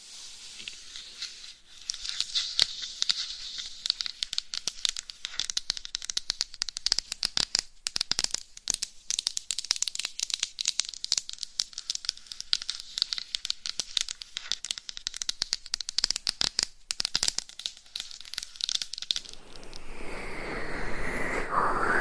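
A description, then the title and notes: Rapid, dense scratching on a binaural mic runs from about two to nineteen seconds, bright and crackly, then gives way to softer rubbing. No Talking for Sleep with Long Nails.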